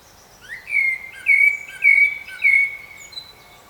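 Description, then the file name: Common blackbird singing: a rising slur, then three or four mellow whistled notes about every half second, fading into soft high chatter. "Turdus merula"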